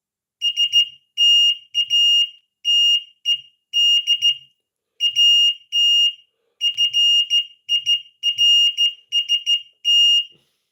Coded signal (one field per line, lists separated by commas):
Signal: Morse code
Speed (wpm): 14 wpm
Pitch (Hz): 2850 Hz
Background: none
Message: STATED AT FIRST